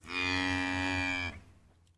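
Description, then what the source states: Cow giving a single steady, drawn-out moo of just over a second that cuts off abruptly, followed by a low hum. Distant cow mooing.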